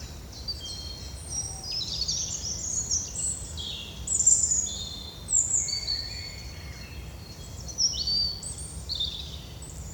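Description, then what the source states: Birds chirping and twittering in a busy chorus of high, quick notes that overlap throughout, with a steady low rumble underneath. Recorded in a park near a forest.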